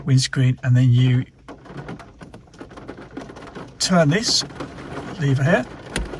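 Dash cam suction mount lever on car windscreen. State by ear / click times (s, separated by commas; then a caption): seated / 6.0 s. The lever on an IIWEY dash cam's suction mount, slid into the socket at the top of the camera and pressed onto the car windscreen glass, is turned while someone talks. A sharp click at 6.0 s locks the sucker on, leaving the mount stuck on solid.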